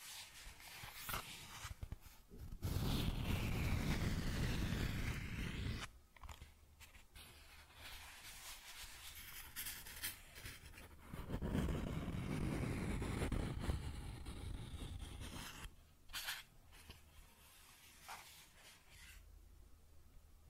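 Cardboard being scratched and rubbed in uneven bursts, with loud rough stretches around 3–6 and 11–14 seconds and sharp scrapes between.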